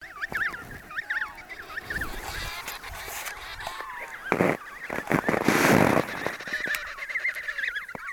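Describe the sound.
Penguins calling in a dense chorus, many overlapping nasal, wavering braying calls, with loud bursts of rushing noise around the middle.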